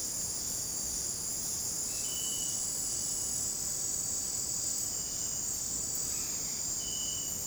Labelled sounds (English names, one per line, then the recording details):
none
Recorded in dense forest near Puerto Asís, Putumayo, Colombia, on 19 February 2024 at 18:00
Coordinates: 0.503, -76.322
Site G6418